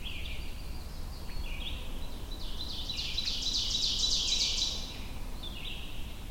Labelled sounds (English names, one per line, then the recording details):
Ovenbird song
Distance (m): 55 m
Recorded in boreal forest in Alberta, Canada, on 22 June 2016 at 05:22
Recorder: SongMeter 3, array SBT-6-76
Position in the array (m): 263 m, 97 m
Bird 1